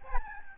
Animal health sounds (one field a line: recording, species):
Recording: mosquito wingbeat signal from an infrared sensor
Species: Aedes albopictus